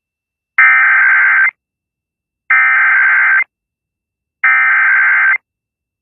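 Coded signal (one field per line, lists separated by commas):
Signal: Emergency Alert System (SAME) tones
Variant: header bursts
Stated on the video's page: EAS severe weather alerts from Indiana that interrupted songs.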